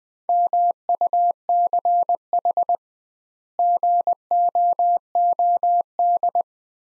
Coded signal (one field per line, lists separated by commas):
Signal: Morse code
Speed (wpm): 21 wpm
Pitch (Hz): 700 Hz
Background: none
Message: MUCH GOOD